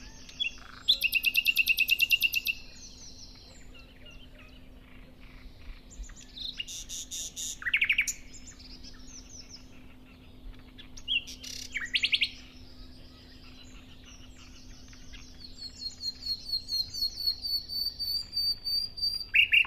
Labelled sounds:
Common Nightingale (Luscinia megarhynchos) song
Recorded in the wild
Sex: male
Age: adult
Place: Teerofenbrücke, Nationalpark Unteres Odertal, Brandenburg, DE
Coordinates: 53.1328, 14.3497
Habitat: decidous forest
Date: 2013-05-04
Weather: sunny, windless, 5°C
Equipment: Sound Devices 702, Sennheiser MKH 70, Rycote Windschutz
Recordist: Frommolt, Karl-Heinz
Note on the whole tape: Gesang einer Nachtigall. In unmittelbarer Nähe singt auch ein Sprosser. Entfernung 10 m

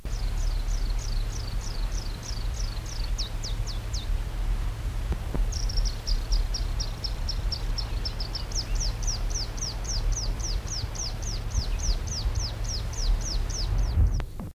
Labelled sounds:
Burnt-necked Eremomela (Eremomela usticollis) call
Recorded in the wild
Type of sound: call
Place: Südwestafrika
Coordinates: -23, 17
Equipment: Halbspur, 9,5 cm/s
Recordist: Lütgens, Hans
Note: Rufe

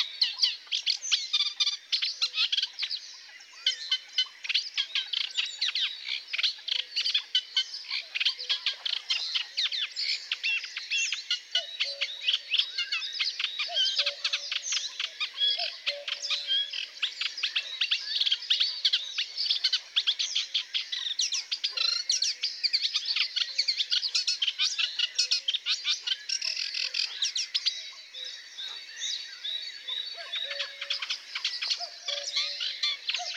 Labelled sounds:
Eurasian Reed Warbler (Acrocephalus scirpaceus) song
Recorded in the wild
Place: Flögelner See, Schleswig-Holstein, DE
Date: 1999-05-04
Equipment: MiniDisc Sony MZ-R35, Telinga DAT, Telinga-Parabolspiegel
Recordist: Schwarz, Dieter

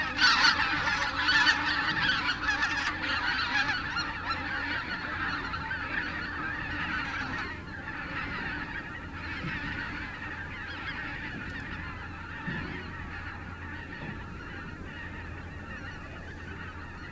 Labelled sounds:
Greater White-fronted Goose (Anser albifrons) call
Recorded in the wild
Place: Lebbin, Insel Rügen, Mecklenburg-Vorpommern, DE
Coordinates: 54.569, 13.359
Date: 1973-10-12
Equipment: Nagra III BH, Sennheiser MD 21
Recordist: Schubert, Michael

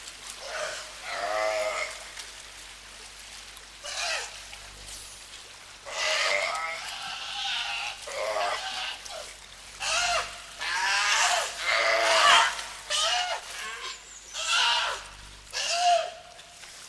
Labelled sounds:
California Sea Lion (Zalophus californianus) call
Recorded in captivity
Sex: group
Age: diverse
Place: Tiergarten Nürnberg, Bayern, DE
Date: 1998-11-13
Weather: overcast, ca. 2 to 3°C
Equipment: Sony MD-WM MZ-R3, Sennheiser MKH 416 T, Kopie Uher 4000 Report Monitor
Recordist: Tembrock, Günter

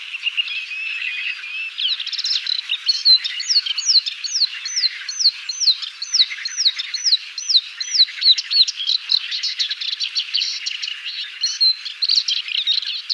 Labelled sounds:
Moustached Warbler (Acrocephalus melanopogon) song
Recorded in the wild
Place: Damtschik/Wolgadelta, RU
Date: 1995-05-18
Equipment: Dat-Recorder Casio DA 7, Telinga DAT, stereo, Telinga-Parabolspiegel
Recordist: Schwarz, Dieter
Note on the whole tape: Song

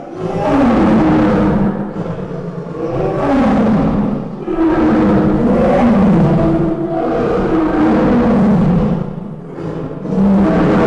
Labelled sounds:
Lion (Panthera leo) call
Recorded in captivity
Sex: male
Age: adult
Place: Zoo Berlin, Berlin, DE
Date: 1959-08-21 09:10
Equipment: Reporter (Vollspur)
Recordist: TSA
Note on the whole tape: Im Raubtierhaus. Rufreihen (zweimal). Abstand 10-15 m. Aufnahmezeit: 9.00-9.30 Uhr

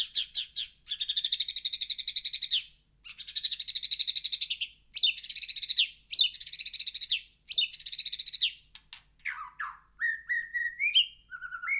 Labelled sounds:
White-rumped Shama (Copsychus malabaricus) song
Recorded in captivity
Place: Kaiserslautern, Rheinland-Pfalz, DE
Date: 1982-04-02
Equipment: Nagra IV
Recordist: Tretzel, Erwin
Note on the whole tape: Schamadrossel "Poldi", Garten, Kaiserslautern: Gesang

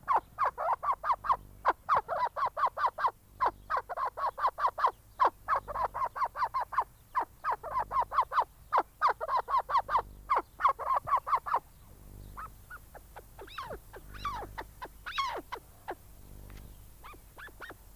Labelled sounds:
Arabian Partridge (Alectoris melanocephala) call
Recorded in captivity
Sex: male
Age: adult
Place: Tierpark Berlin, Berlin, DE
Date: 1998-03-28 10:27
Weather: bedeckt, ca. 10°C
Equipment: Nagra SN, Kopie Uher 4000 Report Monitor
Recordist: Tembrock, Günter

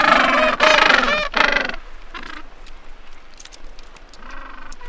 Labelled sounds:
Gentoo Penguin (Pygoscelis papua) call
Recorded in the wild
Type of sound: call
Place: Georges Point, Antarctica, AQ
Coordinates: -64.4, -62.4
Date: 2018-12-24
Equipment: Olympus LS-100, Sennheiser ME66
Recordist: Beaulieu, Michaël
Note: In Kolonie von Esels- und Zügelpinguinen. Meistens brütende Vögel

